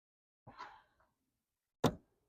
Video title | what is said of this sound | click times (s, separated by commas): Installing NEW LED Side Markers on My 2024+ Mustang GT (S650) | Boom. I heard a click. So that means that we're good. | 1.8 s